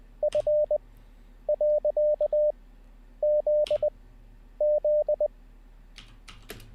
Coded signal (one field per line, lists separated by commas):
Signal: Morse code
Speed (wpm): 20 wpm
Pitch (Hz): 600 Hz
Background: none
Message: F . Z Z